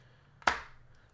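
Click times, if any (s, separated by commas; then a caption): 0.5 s. A Cosmic Orange iPhone 17 Pro Max is pressed into a Bullstrap Contemporary Open leather-wrapped hard phone case. A faint tick at 0.4 s leads into a sharp, solid click at 0.5 s that rings briefly and fades. The phone snaps fully into the case with a very solid click.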